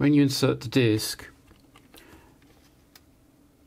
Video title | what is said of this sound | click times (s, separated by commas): Someone gets an Amiga A600: #2: Kickstart woes (reupload) | it gets about as far as here it's supposed to then click into place and drop down you | none